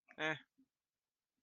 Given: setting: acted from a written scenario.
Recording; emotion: vocal sound without words; neutral